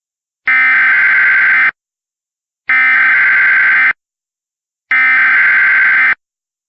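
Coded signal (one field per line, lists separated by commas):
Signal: Emergency Alert System (SAME) tones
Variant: header bursts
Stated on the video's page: Valid EAS tones in a compilation of Hurricane Dorian alerts.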